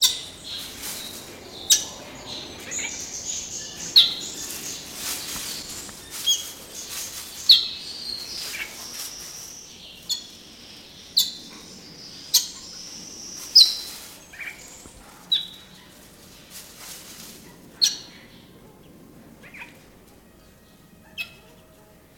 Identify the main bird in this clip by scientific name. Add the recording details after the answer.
Basilornis celebensis. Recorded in captivity. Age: adult. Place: Zoo Berlin, Berlin, DE. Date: 1991-10-30 10:03. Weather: sonnig, 0°C. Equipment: Nagra SN, Kopie Tesla B 116. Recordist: Tembrock, Günter. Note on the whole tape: Lautfolgen